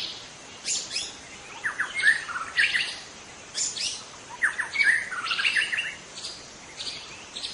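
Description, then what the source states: White-rumped shama delivering short phrases of buzzy rattles and bright whistled notes, each phrase separated by short pauses. In forest.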